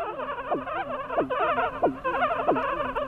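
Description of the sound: A warbling, bubbling electronic texture is punctuated by regular falling chirps at about 92 a minute. This is an adult's sonified EEG at seizure onset: brain activity turns more rhythmic and faster as the seizure develops, and the heartbeat speeds up.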